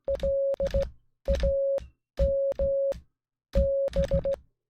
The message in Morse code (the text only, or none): LAMB